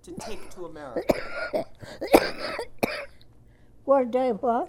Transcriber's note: coughs